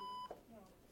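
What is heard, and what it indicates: A single electronic beep from a patient's heart monitor, a routine sound after a team of clinicians brought the patient's heartbeat back to normal.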